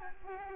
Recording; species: mosquito wingbeat signal from an infrared sensor; Aedes albopictus